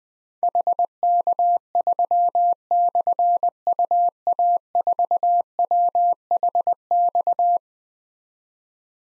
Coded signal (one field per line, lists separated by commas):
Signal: Morse code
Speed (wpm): 20 wpm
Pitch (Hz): 700 Hz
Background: none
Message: HK3/UA4WHX